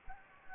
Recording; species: mosquito wingbeat signal from an infrared sensor; Anopheles gambiae